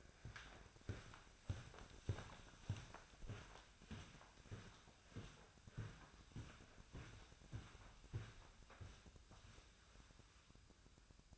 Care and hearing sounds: daily activity, microphone in the room; walk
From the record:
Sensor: 2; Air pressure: 1009.2 hPa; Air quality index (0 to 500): 182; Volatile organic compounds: 3 ppm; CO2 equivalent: 1325 ppm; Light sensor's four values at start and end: 48/124/53/59 and 46/119/52/57

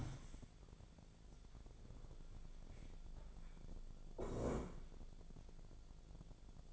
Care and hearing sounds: daily activity, microphone in the room; stand up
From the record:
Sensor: 5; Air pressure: 1000.5 hPa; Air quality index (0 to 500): 147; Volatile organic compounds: 2 ppm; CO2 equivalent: 1135 ppm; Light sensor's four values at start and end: 49/114/48/51 and 49/115/48/51

